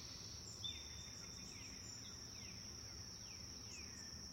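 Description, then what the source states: Birds: bird chirps: a thin level whistle followed by a few sliding, downward notes, with a high, steady insect buzz behind. Several birds chirping in a forest.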